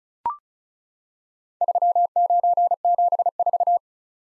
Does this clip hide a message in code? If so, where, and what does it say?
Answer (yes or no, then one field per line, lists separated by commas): yes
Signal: Morse code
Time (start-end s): 1.6-3.8 s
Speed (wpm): 36 wpm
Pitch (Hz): 700 Hz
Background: none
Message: 3974